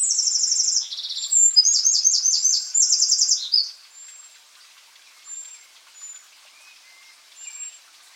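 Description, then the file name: Eurasian wren song: a loud, very high, rapid run of buzzy trills and chattering notes for about four seconds, then quiet with faint thin high notes. "Troglodytes troglodytes"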